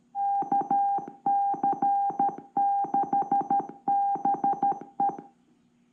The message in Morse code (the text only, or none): KC6BE